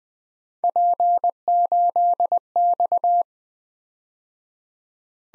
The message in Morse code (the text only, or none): P8X